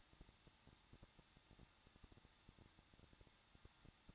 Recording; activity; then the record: daily activity, microphone in the room; no activity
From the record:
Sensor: 3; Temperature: 21.2 degrees Celsius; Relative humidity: 36.3%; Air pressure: 1006.3 hPa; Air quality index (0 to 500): 222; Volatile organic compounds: 41 ppm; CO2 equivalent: 3171 ppm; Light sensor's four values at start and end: 2/3/2/2 and 2/3/2/2